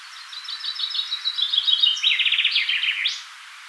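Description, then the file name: Common chaffinch song: a cascade of bright repeated notes running into a lower rattling trill, ending in an emphatic rising flourish. "Fringilla coelebs"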